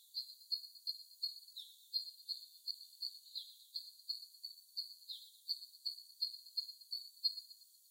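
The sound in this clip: Little spiderhunter singing a rapid run of high, piercing chip notes, roughly three each second, continuing without pause over faint steady background hiss.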